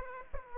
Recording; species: mosquito wingbeat signal from an infrared sensor; Aedes aegypti